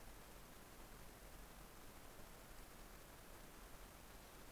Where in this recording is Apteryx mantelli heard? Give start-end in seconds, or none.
none